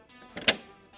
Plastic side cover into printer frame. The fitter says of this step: and until it clicks in place